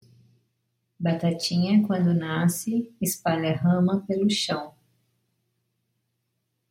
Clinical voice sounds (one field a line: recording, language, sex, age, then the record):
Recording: short text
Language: Brazilian Portuguese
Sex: female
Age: 50 to 59 years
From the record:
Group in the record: control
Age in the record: 54 years